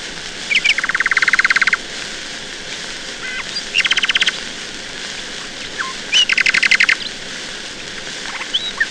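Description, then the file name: Nightingale song: rapid repeated notes delivered in fast bursts, alternating with single whistled slurs and pauses, over a steady hiss. "Solovei"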